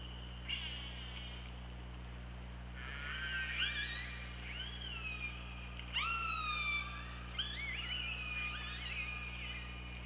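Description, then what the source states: Killer whale calls, a lively series of buzzy harmonic tones and sharp rising upsweeps, overlapping in places, above a steady low hum. OrcaLab hydrophone recording, 24 August 2017, 23:32:49.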